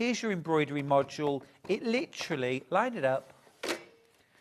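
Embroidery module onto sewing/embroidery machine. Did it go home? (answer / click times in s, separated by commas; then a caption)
yes / 3.6 s. An embroidery module is lined up and slid onto the free arm of a sewing machine while someone talks. It clicks into place at 3.6 seconds with a short, sharp snap, and the module is seated.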